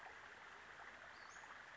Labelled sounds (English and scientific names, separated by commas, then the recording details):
Western Flycatcher (Empidonax difficilis)
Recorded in Sonoma County, California